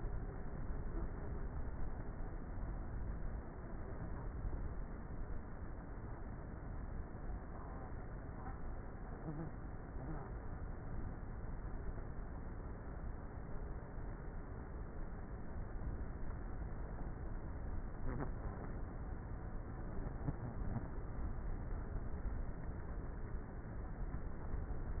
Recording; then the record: honeybee colony, microphone inside the hive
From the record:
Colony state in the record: queenless with a low population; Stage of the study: before two queens were removed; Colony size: about 30,000 bees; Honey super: no